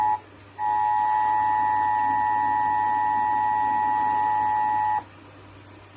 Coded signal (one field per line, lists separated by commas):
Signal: Emergency Alert System (SAME) tones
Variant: 853 and 960 Hz attention tone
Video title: IEMBOT Is Slow As 💩 | EAS Alerts From 3/5/2022 (EAS #1,316-1,348)